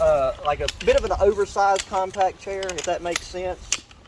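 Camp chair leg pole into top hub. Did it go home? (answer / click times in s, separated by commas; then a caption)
no / none. Someone talks while a folding camp chair is being assembled, with a leg pole being pushed into the top hub, and a couple of faint brief ticks are heard near the end. Nothing has seated or clicked into place yet.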